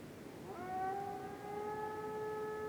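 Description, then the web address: Gray wolf howl beginning after a half-second pause, a single smooth tone that rises at the start and then holds level and clear to the end. Wolves howling in the distance at night under a dark moon, in a winter forest in the North Laurentian Woods, Canada. "Articulated Sounds. WINTER Forest night dark moon with distant wolves howls, North Laurentian Woods, Canada"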